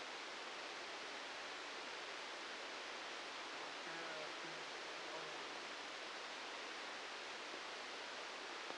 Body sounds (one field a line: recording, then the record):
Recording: brain microelectrode recording played as sound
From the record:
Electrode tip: outside the subthalamic nucleus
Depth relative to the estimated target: 3 mm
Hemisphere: left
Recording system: NeuroSet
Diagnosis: Parkinson's disease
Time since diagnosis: 8 years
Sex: male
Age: 58 years